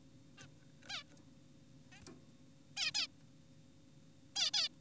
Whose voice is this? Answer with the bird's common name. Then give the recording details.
Zebra Finch. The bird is an adult. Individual g4p5U